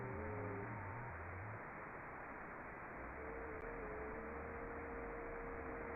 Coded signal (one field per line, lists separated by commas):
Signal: FT8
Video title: 241: Exploring Creepy Radio Signals